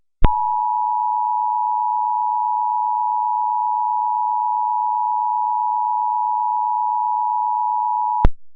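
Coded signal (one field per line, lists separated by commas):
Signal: Emergency Alert System (SAME) tones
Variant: 853 and 960 Hz attention tone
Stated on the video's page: Fictional EAS scenario made as a collaboration.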